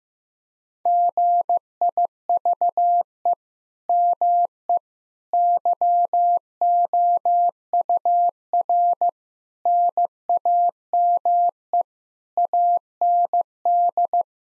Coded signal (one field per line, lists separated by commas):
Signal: Morse code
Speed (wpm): 15 wpm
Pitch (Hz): 700 Hz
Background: none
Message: GIVE ME YOUR NAME AND